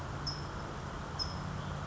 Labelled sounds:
California Towhee
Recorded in Sonoma County, California

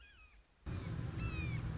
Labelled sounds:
Red-shouldered Hawk
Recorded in Sonoma County, California

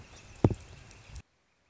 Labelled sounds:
Northern Flicker
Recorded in Sonoma County, California

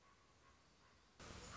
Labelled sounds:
Common Raven
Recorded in Sonoma County, California

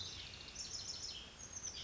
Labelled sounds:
Oak Titmouse
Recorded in Sonoma County, California

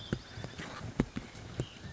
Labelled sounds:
White-breasted Nuthatch
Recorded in Sonoma County, California

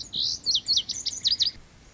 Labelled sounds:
Lazuli Bunting
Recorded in Sonoma County, California

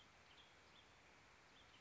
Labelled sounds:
Western Tanager
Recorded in Sonoma County, California

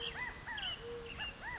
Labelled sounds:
California Quail
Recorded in Sonoma County, California

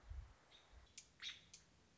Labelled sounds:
American Robin
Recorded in Sonoma County, California

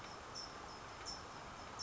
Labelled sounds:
California Towhee
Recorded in Sonoma County, California

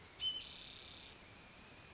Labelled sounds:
Spotted Towhee
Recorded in Sonoma County, California

